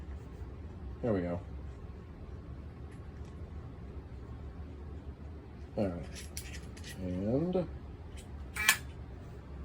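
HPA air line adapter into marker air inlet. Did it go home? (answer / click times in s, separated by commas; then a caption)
yes / 8.7 s. An HPA air line adapter is fitted into the air inlet of a second marker, and one sharp click at 8.7 s shows the coupling has seated, leaving the marker pressurized and ready. Someone talks during the clip, with a few quieter rustling sounds in between.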